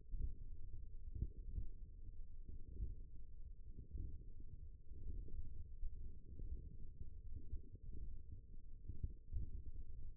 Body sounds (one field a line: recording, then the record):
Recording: forearm muscle sounds (acoustic myography)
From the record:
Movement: finger pinch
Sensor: system 1, eight BSWA MPA416 microphones around the upper forearm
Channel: 3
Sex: female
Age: 20 years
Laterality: right